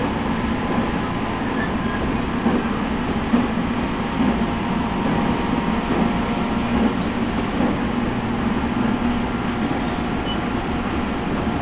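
On a Tokaido Main Line platform, a train rumbles steadily, a dense low roar that holds level for the whole stretch. Faint whining tones run above it, with a few brief clicks and clanks scattered through the middle.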